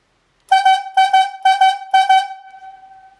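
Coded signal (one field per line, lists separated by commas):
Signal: whistle signal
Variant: slackline yarder whistle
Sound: four pairs of short horn toots, eight toots total, evenly spaced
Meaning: Easy on haul back with slack skidding line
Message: 2-2-2-2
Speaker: easy on haul back with slack skidding line is going to sound like this. 2, 2, 2, and 2.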